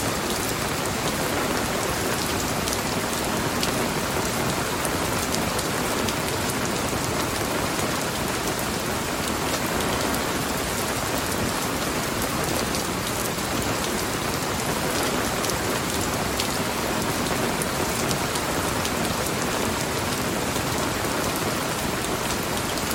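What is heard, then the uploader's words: Heavy rain pours steadily onto a roof overhead, a dense, unbroken hiss that fills everything from low rumble to bright top. Individual drops patter and tick within the wash, while the level stays constant for the whole stretch with no pauses. Heavy Rain under the Roof. Listening to rain on a roof.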